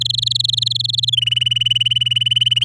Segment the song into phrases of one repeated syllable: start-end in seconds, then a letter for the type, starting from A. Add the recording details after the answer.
0.01-1.10 A, 1.12-2.64 B. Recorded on 10 May 2018 at 08:42. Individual llb16